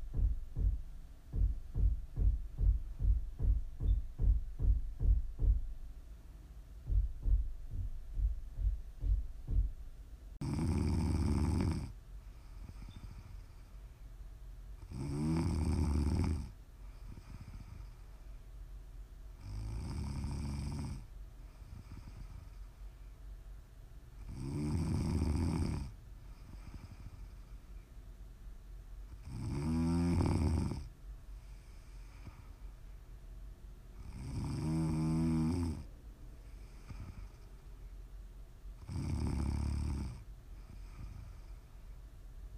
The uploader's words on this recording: Please enjoy some prime ASMR snoring.